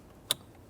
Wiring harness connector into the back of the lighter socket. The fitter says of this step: Listen for a click, give that a tug to make sure it's secure.